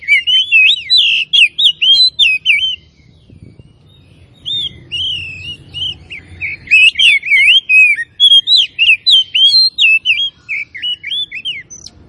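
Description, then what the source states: Oriental magpie-robin singing long, energetic runs of varied whistles and chattering notes, with one short pause before a continuous second run. Kacer from Tretes; described as gacor, singing continuously and vigorously.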